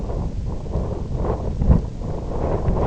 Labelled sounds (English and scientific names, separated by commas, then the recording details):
none
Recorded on Arctic tundra, site IGLO-F, on 19 June 2018
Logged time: 00:00